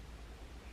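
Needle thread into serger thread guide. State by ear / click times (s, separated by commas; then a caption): not seated / none. The left needle thread on a serger (overlocker) is being handled and brought down toward its thread guide. Only a steady, even hiss of broadband noise is heard, with no distinct click. Nothing has clicked into the guide yet.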